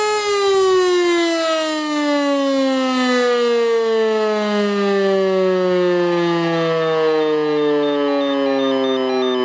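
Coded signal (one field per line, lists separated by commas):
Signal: siren signal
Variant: E57 siren, Feueralarm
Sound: loud steady mechanical siren wail with buzzy harmonics, slowly dropping in pitch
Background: outdoor ambience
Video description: und dann geht die Sirene zum Signal "Feueralarm" los!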